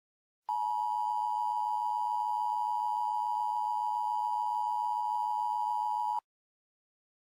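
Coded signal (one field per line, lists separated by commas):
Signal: Emergency Alert System (SAME) tones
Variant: 853 and 960 Hz attention tone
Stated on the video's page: Simulated EAS scenario.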